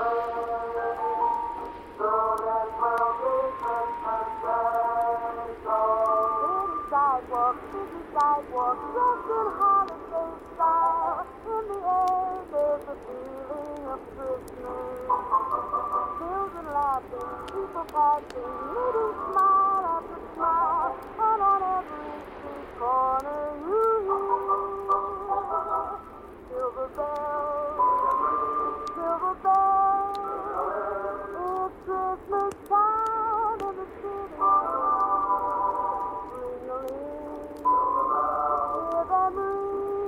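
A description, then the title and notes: Oldies music plays softly from another room, muffled so only the middle of the sound comes through, with no crisp highs or deep bass. Shifting melodic notes and what may be a singing voice run steadily for the whole stretch over a faint, constant hiss. Oldies music playing softly from another room.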